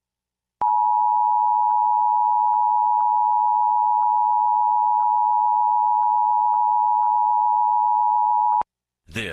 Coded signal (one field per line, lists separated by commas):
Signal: Emergency Alert System (SAME) tones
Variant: 853 and 960 Hz attention tone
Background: speech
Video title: Ventura Required Monthly Test (EAS #1209-1222) 9/5/23